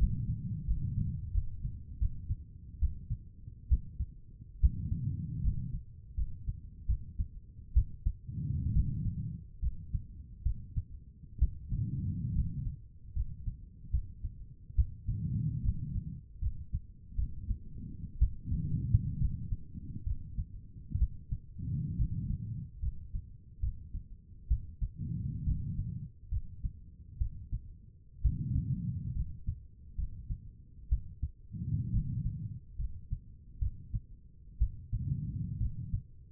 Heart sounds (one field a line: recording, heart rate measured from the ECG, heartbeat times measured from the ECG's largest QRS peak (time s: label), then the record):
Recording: heart sounds by stethoscope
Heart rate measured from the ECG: 69 bpm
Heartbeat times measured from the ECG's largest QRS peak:
0.67 s: heartbeat
1.33 s: heartbeat
2.00 s: heartbeat
2.80 s: heartbeat
3.70 s: heartbeat
4.61 s: heartbeat
5.42 s: heartbeat
6.16 s: heartbeat
6.87 s: heartbeat
7.74 s: heartbeat
8.74 s: heartbeat
9.61 s: heartbeat
10.44 s: heartbeat
11.40 s: heartbeat
12.34 s: heartbeat
13.14 s: heartbeat
13.92 s: heartbeat
14.76 s: heartbeat
15.63 s: heartbeat
16.40 s: heartbeat
17.16 s: heartbeat
18.19 s: heartbeat
19.19 s: heartbeat
20.05 s: heartbeat
20.99 s: heartbeat
21.97 s: heartbeat
22.81 s: heartbeat
23.61 s: heartbeat
24.49 s: heartbeat
25.45 s: heartbeat
26.30 s: heartbeat
27.19 s: heartbeat
28.22 s: heartbeat
29.14 s: heartbeat
29.96 s: heartbeat
30.90 s: heartbeat
31.92 s: heartbeat
32.77 s: heartbeat
33.60 s: heartbeat
34.59 s: heartbeat
35.58 s: heartbeat
From the record:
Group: healthy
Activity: rest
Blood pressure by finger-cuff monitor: 104/63 mmHg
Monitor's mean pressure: 73 mmHg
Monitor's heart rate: 70 bpm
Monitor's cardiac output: 5.4 L/min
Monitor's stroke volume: 79 mL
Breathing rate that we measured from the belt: 18 breaths a minute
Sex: female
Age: 36 years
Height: 163 cm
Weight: 88 kg